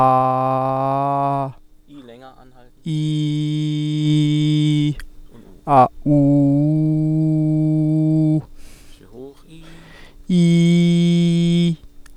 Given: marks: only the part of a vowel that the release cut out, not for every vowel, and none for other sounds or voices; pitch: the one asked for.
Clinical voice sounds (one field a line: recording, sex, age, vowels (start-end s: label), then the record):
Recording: sustained vowels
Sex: male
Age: 40 to 49 years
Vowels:
0.00-1.17 s: vowel /a/, normal pitch
2.98-4.73 s: vowel /i/, normal pitch
6.27-8.24 s: vowel /u/, normal pitch
10.40-11.63 s: vowel /i/, high pitch
From the record:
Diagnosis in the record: healthy voice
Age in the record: 41 years